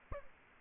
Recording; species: mosquito wingbeat signal from an infrared sensor; Aedes aegypti